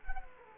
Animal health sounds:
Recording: mosquito wingbeat signal from an infrared sensor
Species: Culex quinquefasciatus

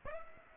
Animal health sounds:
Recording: mosquito wingbeat signal from an infrared sensor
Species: Aedes aegypti

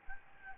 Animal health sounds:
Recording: mosquito wingbeat signal from an infrared sensor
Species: Aedes albopictus

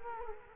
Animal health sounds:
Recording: mosquito wingbeat signal from an infrared sensor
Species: Culex quinquefasciatus

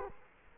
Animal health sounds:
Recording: mosquito wingbeat signal from an infrared sensor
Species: Culex quinquefasciatus

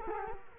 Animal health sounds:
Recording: mosquito wingbeat signal from an infrared sensor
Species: Culex quinquefasciatus

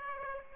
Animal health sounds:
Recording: mosquito wingbeat signal from an infrared sensor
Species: Aedes aegypti

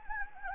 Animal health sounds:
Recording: mosquito wingbeat signal from an infrared sensor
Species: Anopheles gambiae

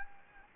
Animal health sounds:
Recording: mosquito wingbeat signal from an infrared sensor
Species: Anopheles gambiae

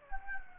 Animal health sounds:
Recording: mosquito wingbeat signal from an infrared sensor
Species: Anopheles gambiae

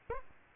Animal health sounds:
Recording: mosquito wingbeat signal from an infrared sensor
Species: Aedes aegypti

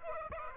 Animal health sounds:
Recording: mosquito wingbeat signal from an infrared sensor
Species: Aedes aegypti

